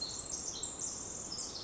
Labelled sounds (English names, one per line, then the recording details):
Pacific Wren
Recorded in Sonoma County, California